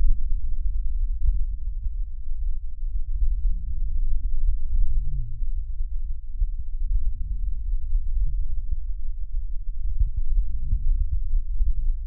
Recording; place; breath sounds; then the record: lung sounds by stethoscope; left posterior upper chest; expiratory wheeze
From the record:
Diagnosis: asthma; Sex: female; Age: 59 years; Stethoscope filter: bell mode, 20 to 200 Hz